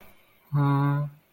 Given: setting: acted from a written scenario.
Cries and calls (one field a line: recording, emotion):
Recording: vocal sound without words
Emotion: embarrassment